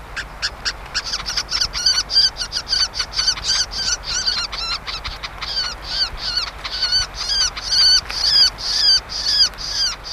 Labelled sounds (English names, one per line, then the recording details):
Red-backed Shrike call
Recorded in the wild
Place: Grippel (Langendorf), Niedersachsen, DE
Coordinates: 52.8167, 12.1223
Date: 1979-07-07
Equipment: Halbspur, 9,5 cm/s
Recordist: Lütgens, Hans